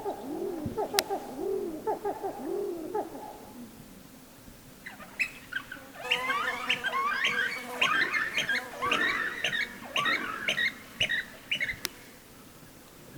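Birds call at a lakeside. For the first four seconds a low, hooting, laughing series repeats in quick bouncing notes, then higher chirps and twitters build into busy overlapping chatter until near the end. Two sharp clicks and a low outdoor rumble sit underneath.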